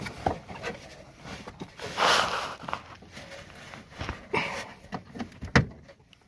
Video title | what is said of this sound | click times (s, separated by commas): How to Replace Mercedes Ambient Air Temperature Sensor - ML350 Example - P0073 | hear that snap | 5.6 s